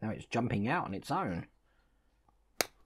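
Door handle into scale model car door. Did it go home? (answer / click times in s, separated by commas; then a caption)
yes / 2.6 s. Someone talks, then the small door handle of a 1:8 scale Lamborghini Miura model car, which kept jumping out on its own, is pressed into the remaining space in the door. It snaps into place with a sharp click at 2.6 s, after a faint tick at 2.3 s.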